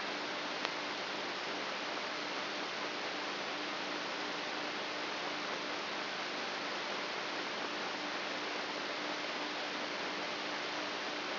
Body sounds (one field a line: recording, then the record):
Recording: brain microelectrode recording played as sound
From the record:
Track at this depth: inside the subthalamic nucleus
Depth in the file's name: 5.483 mm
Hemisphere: left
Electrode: 3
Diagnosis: Parkinson's disease